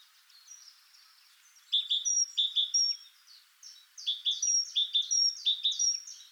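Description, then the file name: Great tit calling: bursts of sharp high notes paired with thin whistles, two clusters about two seconds apart. "Parus major"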